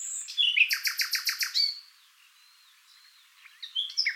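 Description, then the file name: Common nightingale song with a fast burst of about six repeated harsh notes after a sharp opening whistle, followed by quieter background chirps and another brief phrase. "Luscinia megarhynchos"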